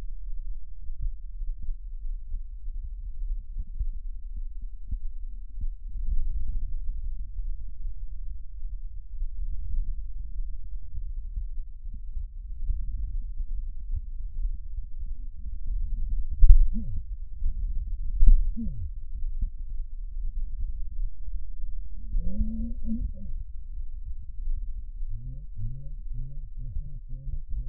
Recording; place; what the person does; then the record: lung sounds by stethoscope; left posterior basal chest; quiet breathing, then cough and speech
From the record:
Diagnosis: pulmonary infection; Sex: male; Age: 54 years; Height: 187 cm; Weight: 95 kg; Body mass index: 27.2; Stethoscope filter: bell mode